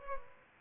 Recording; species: mosquito wingbeat signal from an infrared sensor; Culex pipiens